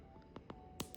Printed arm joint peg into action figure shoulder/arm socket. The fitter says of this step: You hear that? I don't know if it showed up that well or if you can hear it that well, but you'll hear it actually pop in.